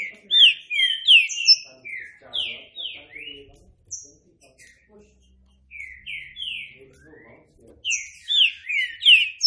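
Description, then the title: Green-winged saltator song: loud, falling whistled notes in phrases, a quieter middle stretch, then another strong burst of sweeping whistles. Classic song style used as a training recording. "Canto Clássico Trinca Ferro TREINAMENTO"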